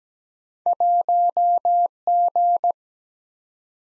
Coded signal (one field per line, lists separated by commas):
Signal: Morse code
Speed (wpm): 17 wpm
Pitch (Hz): 700 Hz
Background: none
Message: 1G